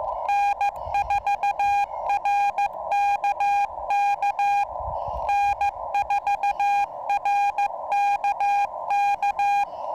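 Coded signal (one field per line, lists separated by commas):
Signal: Morse code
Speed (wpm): 15 wpm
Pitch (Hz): 800 Hz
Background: none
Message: N4RKK N4RKK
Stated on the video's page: Morse from a park activation, sent with paddles on a Yaesu FT-891 at 25 watts into a 17-ft whip on a tripod.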